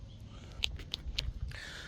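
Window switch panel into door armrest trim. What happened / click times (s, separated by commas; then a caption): The plastic trim panel's retaining clips snapped home / 0.6 s, 0.9 s, 1.2 s. The plastic master window switch panel of a 2021-2024 Toyota Venza is pressed back into the door armrest trim with both hands during reassembly. Three sharp snaps from the retaining clips are heard at 0.6, 0.9 and 1.2 seconds, followed by a short rustle. The panel is seated.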